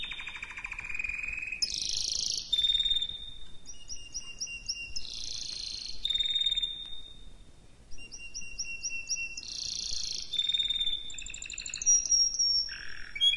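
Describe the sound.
Canary song, with sustained buzzy rolls and steady whistled notes alternating with quick repeated chips, broken by short gaps.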